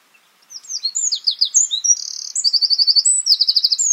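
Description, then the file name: Eurasian wren song: a fast, high, tumbling run of sharp notes and rattling trills, ending in rapid repeated ticking bursts. "Troglodytes troglodytes"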